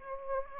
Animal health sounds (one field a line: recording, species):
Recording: mosquito wingbeat signal from an infrared sensor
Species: Anopheles gambiae